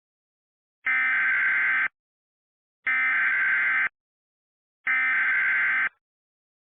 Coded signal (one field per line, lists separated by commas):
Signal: Emergency Alert System (SAME) tones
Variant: header bursts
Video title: EAS Scenario: Christmas Vacation Hell 2010 Remastered